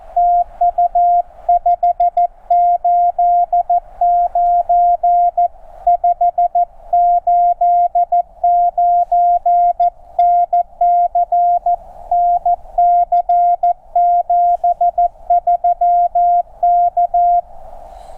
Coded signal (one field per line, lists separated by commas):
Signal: Morse code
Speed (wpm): 14 wpm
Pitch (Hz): 700 Hz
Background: none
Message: TU 589 589 NC NC 73 K